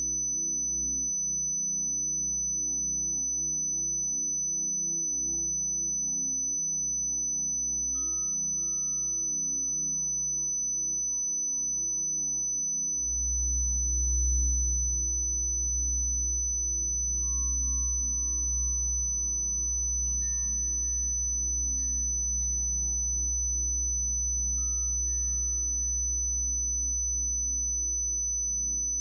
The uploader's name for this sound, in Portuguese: Frequência 6000 Hz